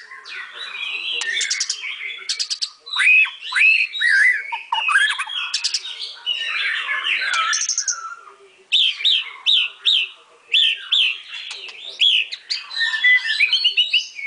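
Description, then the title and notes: White-rumped shama song, a dense run of varied whistles, trills and harsh chattering notes, pausing briefly near eight seconds before resuming with sharp clicks. Masteran (training) song. "Murai Batu Album 01. Masteran Murai Batu"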